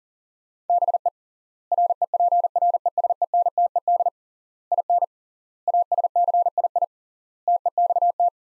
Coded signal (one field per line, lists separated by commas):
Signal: Morse code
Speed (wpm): 40 wpm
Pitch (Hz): 700 Hz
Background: none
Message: BE REPRESENTED IN ASCII TEXT